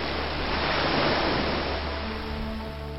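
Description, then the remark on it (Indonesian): Ocean waves rush in a steady, hissing wash of surf that swells in the middle and then eases off, heard alone with a faint low hum creeping in near the end. “Selamat jalan lumba-lumba, berenanglah terus ke laut yang luas.”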